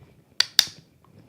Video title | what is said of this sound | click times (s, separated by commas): Natasha Makes - Workshop Wednesday 15th May 2024 - Rivet Handled Bag | you want to hear that click of metal on metal and like I say | 0.4 s, 0.6 s